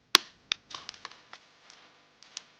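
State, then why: Released. The extended charging cable of a plastic car charger, which plugs into the car's cigarette lighter port, is pulled to release its pull-lock, and a sharp click is heard at 0.2 s. A second strong click follows at 0.5 s, then a run of lighter ticks and rattles through about 2.4 s as the cable winds back into the housing.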